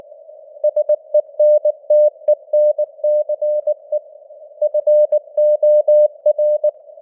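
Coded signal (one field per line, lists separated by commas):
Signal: Morse code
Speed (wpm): 19 wpm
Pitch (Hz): 600 Hz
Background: none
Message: SENTENCE FOR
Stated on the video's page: Morse news headlines at 19 wpm with simulated radio noise and varying signal strength (QSB).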